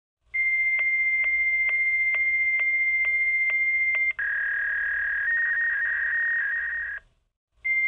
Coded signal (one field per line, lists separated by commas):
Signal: fax machine handshake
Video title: Fax sound effect - Bestfreesounds